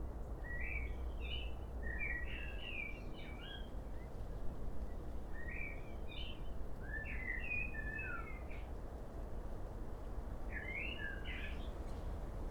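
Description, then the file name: Common blackbird singing a run of short, varied warbling phrases with fluty and squeaky notes, over a constant deep rumble of background noise. "Turdus merula"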